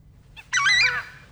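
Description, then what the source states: Southern Screamer giving a single loud, harsh honking call lasting about half a second. Played on a radio show at a listener's request.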